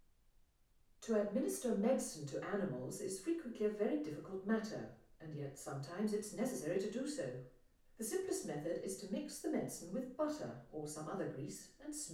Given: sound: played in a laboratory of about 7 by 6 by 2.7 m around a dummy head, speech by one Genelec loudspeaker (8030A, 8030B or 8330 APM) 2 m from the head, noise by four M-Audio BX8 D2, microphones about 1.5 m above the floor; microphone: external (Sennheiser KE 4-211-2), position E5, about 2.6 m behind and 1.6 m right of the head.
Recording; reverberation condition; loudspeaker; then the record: female speech in English; medium; 90 degrees to the left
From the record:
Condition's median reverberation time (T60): about 510 ms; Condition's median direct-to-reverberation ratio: about -0.5 dB